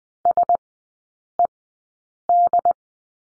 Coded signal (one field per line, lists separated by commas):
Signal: Morse code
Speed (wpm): 20 wpm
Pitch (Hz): 700 Hz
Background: none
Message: SED